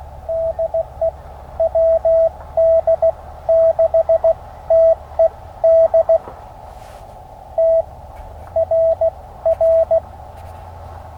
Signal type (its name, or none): Morse code